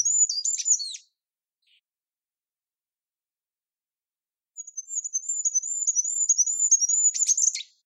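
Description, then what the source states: Goldcrest song, high thin wavering notes in a fast rhythmic run closing with a short twittering end, first heard finishing, then repeated in full after a silent gap. Listeners are invited to hear it in conifer forest; it sings in earnest from mid-March.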